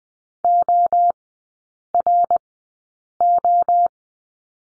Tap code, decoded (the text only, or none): none